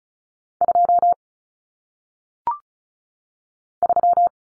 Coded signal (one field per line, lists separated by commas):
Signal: Morse code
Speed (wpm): 36 wpm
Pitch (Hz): 700 Hz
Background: none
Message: 2 3